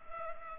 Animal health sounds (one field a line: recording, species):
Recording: mosquito wingbeat signal from an infrared sensor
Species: Culex pipiens